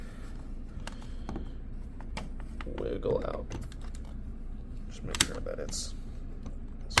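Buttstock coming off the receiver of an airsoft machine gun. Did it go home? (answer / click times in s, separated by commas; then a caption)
released / 7.0 s. Someone talks while pulling the buttstock of a VFC M249 GBB airsoft machine gun rearward as far as it goes and wiggling it against the receiver, with scattered small clicks and rattles along the way. A sharp click at 7.0 s marks the stock coming loose from the receiver, freeing it to slide off.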